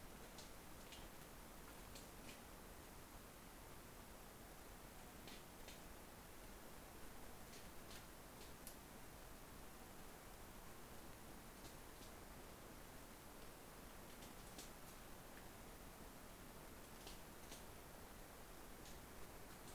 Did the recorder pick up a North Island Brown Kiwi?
no